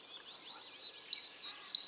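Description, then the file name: Great tit repeating a high two-note phrase, thin level whistle followed by a descending slurred note, starting after a brief quiet pause. "Parus major"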